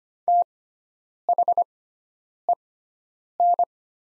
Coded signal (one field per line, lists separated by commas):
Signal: Morse code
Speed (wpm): 25 wpm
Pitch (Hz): 700 Hz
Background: none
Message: THEN